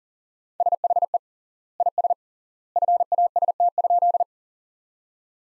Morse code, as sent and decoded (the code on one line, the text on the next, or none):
... .... . / .. ... / ..-. .- ... - ..--..
SHE IS FAST?